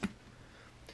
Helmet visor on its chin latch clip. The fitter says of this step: and you just want to have it partially locked, it just kind of rests on top of that, and you'll hear a partial click.